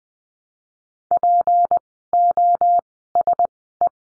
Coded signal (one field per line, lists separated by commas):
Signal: Morse code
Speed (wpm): 20 wpm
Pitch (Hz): 700 Hz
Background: none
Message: POSE